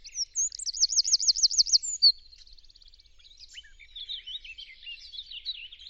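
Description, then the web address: Bird call: a fast run of high, looping whistled notes for about two seconds, then softer, jumbled high twittering and chirps to the end. "cianscape birddata Deverinetal 2025"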